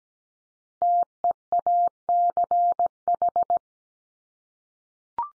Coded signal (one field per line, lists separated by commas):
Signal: Morse code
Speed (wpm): 17 wpm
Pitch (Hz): 700 Hz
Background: none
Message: TEACH